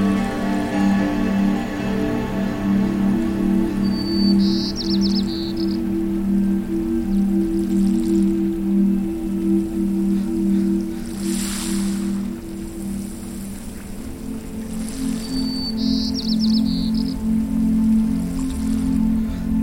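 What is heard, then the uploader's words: Steady low humming tones hold throughout beneath a soft rain-like hiss, with brief bird chirps near five and sixteen seconds. All 9 solfeggio frequencies + Binaural beats.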